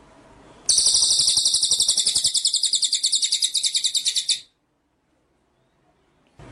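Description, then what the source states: White-rumped shama song: a rapid, buzzy, rolling trill with pulses churning evenly for nearly four seconds, followed by silence. Masteran training track of full 'ngerol' (rolling) and 'nembak' (shooting) song styles.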